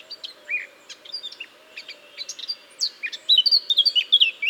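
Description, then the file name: Eurasian blackcap song, a rapid jumble of high chirps and short whistled notes, growing louder and denser toward the end. "Sylvia atricapilla"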